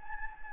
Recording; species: mosquito wingbeat signal from an infrared sensor; Anopheles gambiae